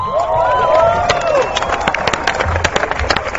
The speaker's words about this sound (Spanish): Muy bien, ya vamos a dar un fuerte aplauso a nuestra compañera combativa y solidaria,